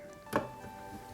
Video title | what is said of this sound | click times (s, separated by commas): MONTEZ LA PEUGEOT 205 GTI 1.9 IXOCOLLECTIONS BOX 19 ETAPE 73/74 | s'emboîte parfaitement pop à papa c'est superbe | 0.4 s